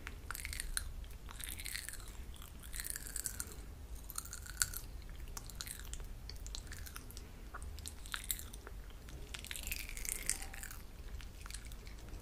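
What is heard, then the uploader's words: Mouth sounds: wet nibbling and chewing with frequent sharp crackles and pops scattered throughout the twelve seconds, denser around the fourth and tenth seconds. A low steady rumble sits underneath. Mouth sounds, spoolie nibbling, pop rocks.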